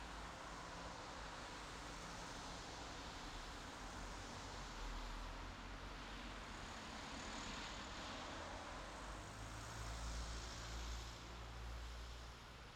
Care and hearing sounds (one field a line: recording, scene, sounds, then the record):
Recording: everyday scene through a hearing-aid microphone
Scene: in traffic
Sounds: traffic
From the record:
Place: bus stop on a city main road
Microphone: in the ear canal, left